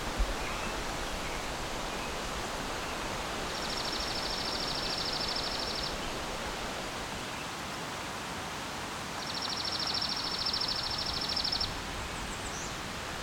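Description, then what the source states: Chipping sparrow song: two dry, even, rapid trills on one high pitch, each a little over two seconds long, over a steady background hiss. Singing where a pine warbler might be expected; the song does not fade in and out.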